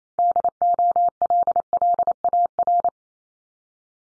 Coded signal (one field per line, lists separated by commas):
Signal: Morse code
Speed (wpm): 28 wpm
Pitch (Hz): 700 Hz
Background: none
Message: DOLLAR